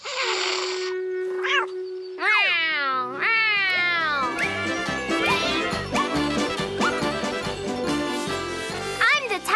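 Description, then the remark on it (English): A cat in need of help meows several times in drawn-out, wavering, high-pitched cries, followed by a dense, busy stretch of layered tonal sound that continues to the end. “Here's a cat in need of help.”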